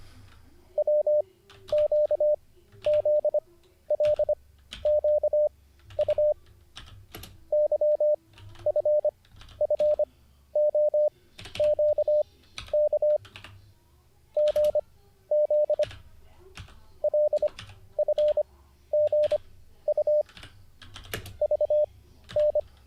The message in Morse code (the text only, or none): W Q Z L Q U Y F F O Q K G Z L F G U V N